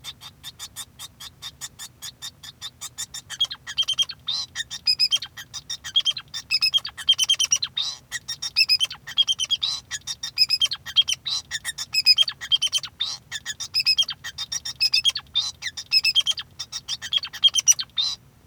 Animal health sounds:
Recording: song of a male Bengalese finch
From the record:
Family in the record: son of father 2

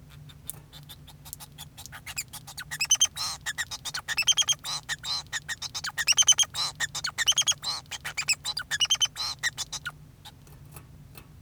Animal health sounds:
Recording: song of a male Bengalese finch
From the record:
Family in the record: son of father 2

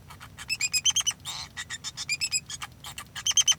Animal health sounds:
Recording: song of a male Bengalese finch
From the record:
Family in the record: son of father 2

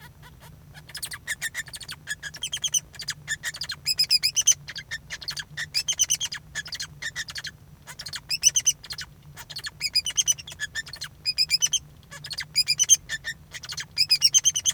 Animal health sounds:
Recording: song of a male Bengalese finch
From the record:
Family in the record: son of father 2

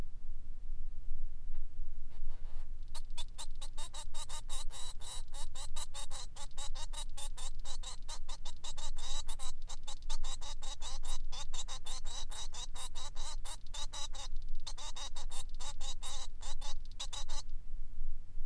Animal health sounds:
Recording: song of a male Bengalese finch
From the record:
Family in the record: son of father 3

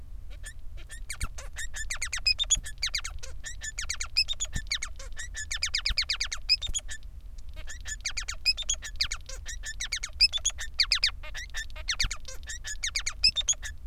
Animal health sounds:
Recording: song of a male Bengalese finch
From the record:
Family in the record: son of father 3

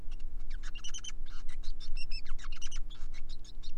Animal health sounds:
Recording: song of a male Bengalese finch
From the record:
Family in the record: son of father 5

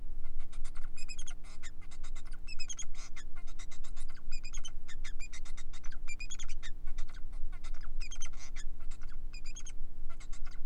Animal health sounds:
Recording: song of a male Bengalese finch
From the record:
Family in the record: son of father 4

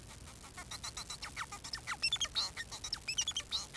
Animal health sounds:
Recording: song of a male Bengalese finch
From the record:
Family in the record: son of father 4

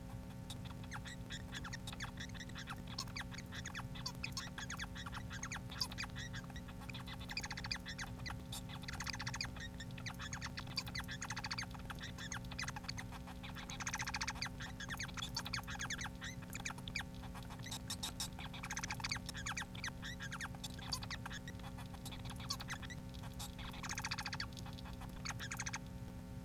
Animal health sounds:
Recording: song of a male Bengalese finch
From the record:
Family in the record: son of father 4

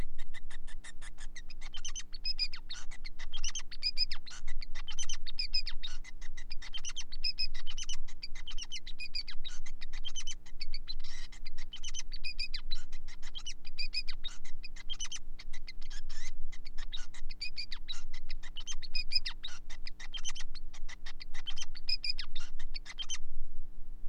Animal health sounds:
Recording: song of a male Bengalese finch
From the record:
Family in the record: son of father 5

